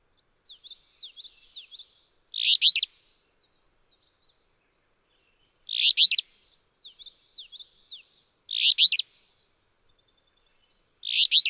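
Alder flycatcher gives four rough, burry two-part songs, spaced a few seconds apart, alternating with quieter high chattering notes.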